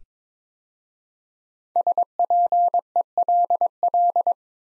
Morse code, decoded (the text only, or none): SPELL